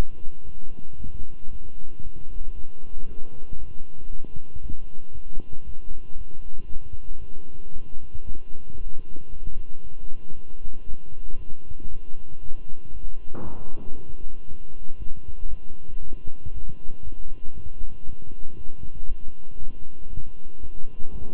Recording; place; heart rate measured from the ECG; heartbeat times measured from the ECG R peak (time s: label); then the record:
heart sounds by stethoscope; between the tricuspid and mitral areas; 116 bpm
0.45 s: heartbeat
0.98 s: heartbeat
1.51 s: heartbeat
2.02 s: heartbeat
2.55 s: heartbeat
3.07 s: heartbeat
3.59 s: heartbeat
4.10 s: heartbeat
4.61 s: heartbeat
5.13 s: heartbeat
5.65 s: heartbeat
6.16 s: heartbeat
6.67 s: heartbeat
7.19 s: heartbeat
7.72 s: heartbeat
8.25 s: heartbeat
8.77 s: heartbeat
9.30 s: heartbeat
9.82 s: heartbeat
10.35 s: heartbeat
10.86 s: heartbeat
11.38 s: heartbeat
11.89 s: heartbeat
12.41 s: heartbeat
12.92 s: heartbeat
13.43 s: heartbeat
13.95 s: heartbeat
14.47 s: heartbeat
14.98 s: heartbeat
15.49 s: heartbeat
16.00 s: heartbeat
16.52 s: heartbeat
17.02 s: heartbeat
17.53 s: heartbeat
18.05 s: heartbeat
18.56 s: heartbeat
19.07 s: heartbeat
19.58 s: heartbeat
20.09 s: heartbeat
20.60 s: heartbeat
21.12 s: heartbeat
From the record:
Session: walking at 3.7 km/h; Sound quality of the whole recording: good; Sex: male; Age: 23 years